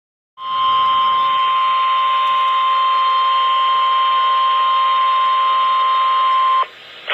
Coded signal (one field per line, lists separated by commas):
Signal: Emergency Alert System (SAME) tones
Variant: 1050 Hz attention tone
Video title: Real EAS Alert #18 (1/22/17)